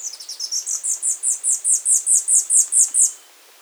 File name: tanager finch